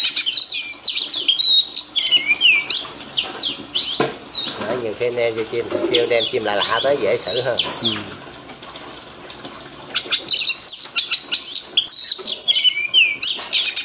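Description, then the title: Oriental magpie-robin song, a fast tumbling run of high whistles and chatter, with lower notes around the middle and a short quiet pause before the rapid twittering resumes. Kacer poci, national champion competition bird; song described as gacor, nembak and ngerol; recording presents seven kinds of kacer song, three minutes each. "Kacer Poci Gacor Nembak Dan Ngerol Juara Nasional. 7 macam suara kacer setiap 3 menit"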